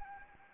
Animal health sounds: mosquito wingbeat signal from an infrared sensor; Anopheles arabiensis

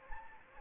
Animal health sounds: mosquito wingbeat signal from an infrared sensor; Anopheles gambiae

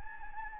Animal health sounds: mosquito wingbeat signal from an infrared sensor; Anopheles gambiae

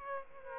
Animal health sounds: mosquito wingbeat signal from an infrared sensor; Aedes aegypti

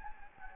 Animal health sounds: mosquito wingbeat signal from an infrared sensor; Anopheles gambiae

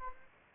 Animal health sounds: mosquito wingbeat signal from an infrared sensor; Anopheles gambiae

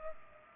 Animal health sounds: mosquito wingbeat signal from an infrared sensor; Culex pipiens

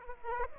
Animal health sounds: mosquito wingbeat signal from an infrared sensor; Aedes aegypti

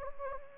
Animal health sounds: mosquito wingbeat signal from an infrared sensor; Anopheles gambiae

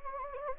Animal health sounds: mosquito wingbeat signal from an infrared sensor; Anopheles gambiae

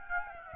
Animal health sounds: mosquito wingbeat signal from an infrared sensor; Aedes albopictus

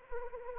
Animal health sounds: mosquito wingbeat signal from an infrared sensor; Anopheles arabiensis

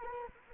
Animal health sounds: mosquito wingbeat signal from an infrared sensor; Anopheles arabiensis

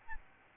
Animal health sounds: mosquito wingbeat signal from an infrared sensor; Aedes albopictus

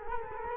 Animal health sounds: mosquito wingbeat signal from an infrared sensor; Culex quinquefasciatus

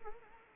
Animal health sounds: mosquito wingbeat signal from an infrared sensor; Anopheles arabiensis

